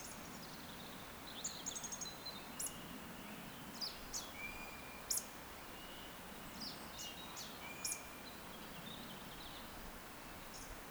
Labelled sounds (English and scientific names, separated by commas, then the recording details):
Eurasian Woodcock (Scolopax rusticola) whistle, Eurasian Woodcock (Scolopax rusticola) croak
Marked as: whistle, whistle, whistle, croak, whistle, whistle
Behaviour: display flight
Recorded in Baden-Württemberg, Germany, on 10 June 2021 at 19:52 UTC
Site 43323, 910 m above sea level